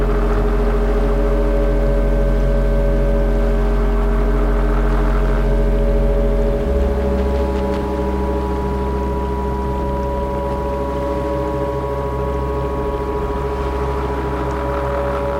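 A boat engine drones steadily and loud, with a deep rumble and several humming tones stacked above it. Around six or seven seconds the low throb shifts pitch slightly, then the motor holds on evenly to the end.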